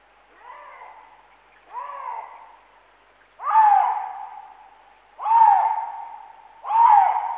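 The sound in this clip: Lynx giving repeated hoarse, moaning calls, each swooping down then holding steady, the first two soft and the last three louder, spaced under two seconds apart.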